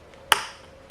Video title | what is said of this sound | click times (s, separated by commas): How to Swap out the BT Unit from Bilt Techno2 Helmet | Okay, it's clicked. It's already in place. It's not going to go anywhere. It's actually locked in there. | 0.3 s